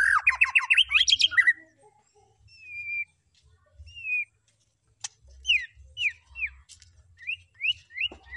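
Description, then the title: White-rumped shama delivering a dense burst of chattering notes, followed by sparse clear whistles and a series of short downslurred notes. Lure recording of a loud, vigorously singing bird, used to provoke a response from other birds. "PANCINGAN MEWAH MURAI BATU GACOR, SEKALI DENGAR AMPUH LANGSUNG RESPON"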